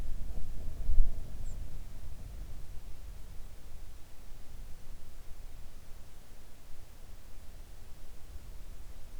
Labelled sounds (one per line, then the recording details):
wind
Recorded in the Arctic National Wildlife Refuge, Alaska, on 3 August 2019 at 06:08
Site 41